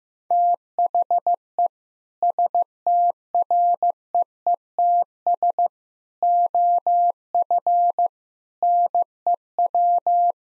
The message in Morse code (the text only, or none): THE STREETS OF NEW